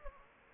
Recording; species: mosquito wingbeat signal from an infrared sensor; Anopheles gambiae